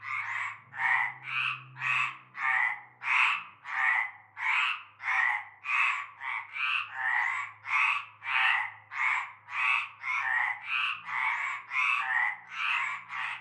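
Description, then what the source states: Chorus of frogs giving rough croaks in a fast, steady series, over a faint low hum in the background. Frog chorus at nightfall in a large concrete basin with stagnant greenish water, Avenue Cante Coucou, Groupède, La Ciotat, Bouches-du-Rhône, France.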